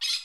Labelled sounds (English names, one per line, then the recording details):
Brown-throated Parakeet contact call
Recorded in Curacao
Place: Hoffi Jan Thiel
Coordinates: 12.094, -68.877